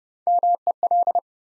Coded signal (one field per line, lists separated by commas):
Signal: Morse code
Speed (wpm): 30 wpm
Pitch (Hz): 700 Hz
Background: none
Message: MEL